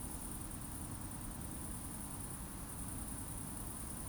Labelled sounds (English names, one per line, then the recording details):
Eurasian Woodcock whistle
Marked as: whistle, whistle
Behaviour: display flight
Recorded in Baden-Württemberg, Germany, on 26 June 2020 at 20:21 UTC
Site 44395, 213 m above sea level